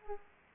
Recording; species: mosquito wingbeat signal from an infrared sensor; Culex pipiens